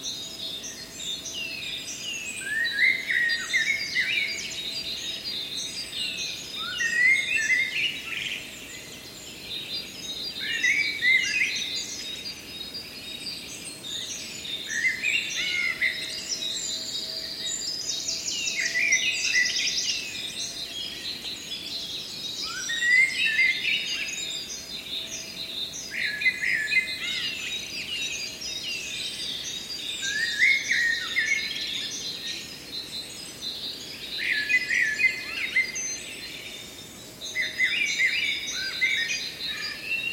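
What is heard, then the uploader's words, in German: Birds sing and call without pause for the whole forty seconds, several voices overlapping in bright, quick chirps and trills. Louder bursts of song swell every few seconds. Underneath runs a steady low hiss and a faint, constant hum. Vögel.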